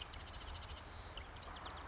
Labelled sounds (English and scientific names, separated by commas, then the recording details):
Marsh Wren (Cistothorus palustris)
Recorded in Sonoma County, California